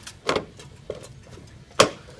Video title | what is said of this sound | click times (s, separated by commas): Quickly learn How To Install Gutter Edge with a Gutter Guard | gutter your hangers all screwed in with the gutter we've got your gutter edge now clipped on and | 1.8 s